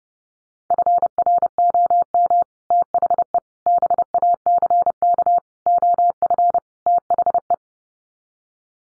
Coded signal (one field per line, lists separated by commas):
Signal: Morse code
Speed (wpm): 30 wpm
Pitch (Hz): 700 Hz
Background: none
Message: FROM THE BACK OF THE